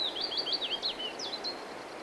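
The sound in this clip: Willow warbler song fragment: a short run of quick, clear slurred whistles wavering slightly downward, then a couple of separate notes, with steady low hiss beneath.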